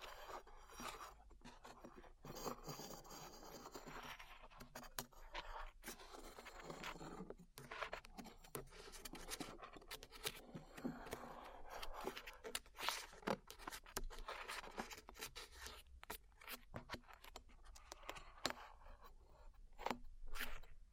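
Peeling glue off ears: a dense run of close, crackly scraping and rubbing fills the whole stretch, with sticky tearing bursts and short sharp snaps every second or so. Brief quiet gaps break it at a few points, and the texture stays bright and gritty throughout.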